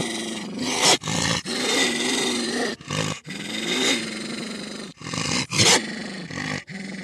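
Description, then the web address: Wolf growls, harsh rasping phrases alternating with hissing breath-like bursts, rising and falling unevenly. "animals wild|wolves"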